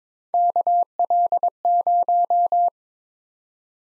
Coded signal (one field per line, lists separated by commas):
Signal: Morse code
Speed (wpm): 22 wpm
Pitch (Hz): 700 Hz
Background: none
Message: KL0